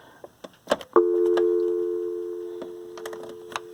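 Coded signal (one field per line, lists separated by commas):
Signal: telephone call progress tone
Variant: North America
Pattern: dial tone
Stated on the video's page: Call progress tones from Norstar M7324 and T7316 phones being tested.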